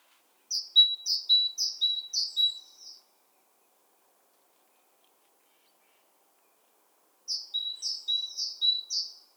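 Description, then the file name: Great tit giving a quick run of sharp two-note phrases, high and ringing, then silence for several seconds before a similar burst returns. "Parus major"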